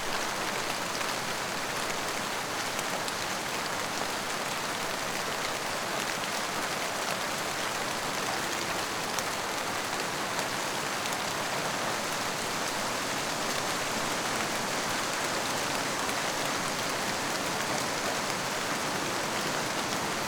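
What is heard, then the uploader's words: A rainstorm outside pours down steadily, a dense, even hiss of countless drops spread bright and full with no breaks for twenty seconds. Rainstorm Outside.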